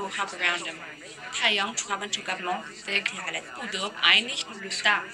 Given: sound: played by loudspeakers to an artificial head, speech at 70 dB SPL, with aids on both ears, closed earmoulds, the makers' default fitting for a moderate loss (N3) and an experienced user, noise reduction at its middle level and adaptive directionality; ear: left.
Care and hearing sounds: speech test signal (ISTS) in cocktail-party noise; +3 dB; in front (0 degrees)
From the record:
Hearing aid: class 2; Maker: E

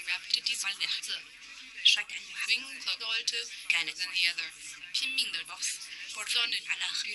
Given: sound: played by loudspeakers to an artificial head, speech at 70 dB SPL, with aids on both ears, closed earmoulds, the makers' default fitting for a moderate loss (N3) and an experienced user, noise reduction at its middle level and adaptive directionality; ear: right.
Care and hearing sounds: speech test signal (ISTS) in cocktail-party noise; +6 dB; in front (0 degrees)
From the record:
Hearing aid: class 2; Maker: H

